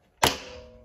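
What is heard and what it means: A seated rider presses down and rotates the foot to engage the second shoe cleat into a clipless bike pedal. A sharp metallic click sounds at 0.2 seconds, followed by a ringing tone that slowly fades. The cleat seats in the pedal.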